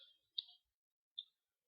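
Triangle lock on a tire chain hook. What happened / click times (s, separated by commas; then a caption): The metal lock snapped over the hook / 0.4 s, 1.2 s. The small metal triangle lock on an 18-wheeler's tire chain is slid over the hook to hold the chain in place. A faint high metallic rattle opens the clip, then two sharp metallic clicks land at 0.4 s and 1.2 s with silence between them. The lock is seated on the hook.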